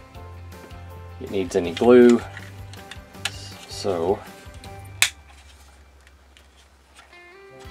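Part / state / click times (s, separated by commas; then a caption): model kit part into the shoulder assembly / seated / 5.0 s. Part TR427 of an Agora Optimus Prime Pack 4 model kit is pressed into the shoulder assembly without glue while someone talks over background music. A single sharp, loud snap at 5.0 s marks the part seating firmly into place.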